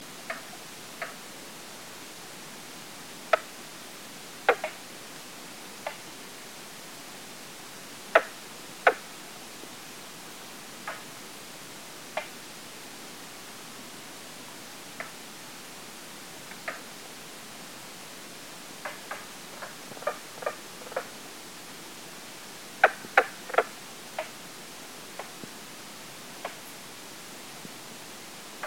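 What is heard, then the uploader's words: Mink frogs call with short, hollow knocking taps, scattered irregularly across the clip and bunching into quick runs around twenty and twenty-three seconds. A steady soft hiss of light misty rain fills the background throughout. Mink Frog (Lithobates septentrionalis). Via iPhone at 2:09 AM in a light misty rain at Lean-To #12 at South Branch Pond in Baxter State Park. This is my first recording with the iPhone using just the built-in mic. In a light misty rain at Lean-To #12 at South Branch Pond in Baxter State Park. Within earshot were three frogs calling.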